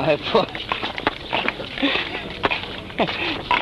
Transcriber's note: laughs